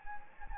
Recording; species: mosquito wingbeat signal from an infrared sensor; Anopheles gambiae